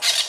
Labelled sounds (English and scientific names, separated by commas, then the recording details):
Brown-throated Parakeet (Eupsittula pertinax) contact call
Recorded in Venezuela